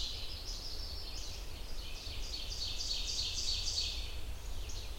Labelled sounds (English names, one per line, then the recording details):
Ovenbird song
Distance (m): 65 m
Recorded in boreal forest in Alberta, Canada, on 30 June 2016 at 05:12
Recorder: SongMeter 3, array SBT-6-79
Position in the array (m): 9 m, 95 m
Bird 40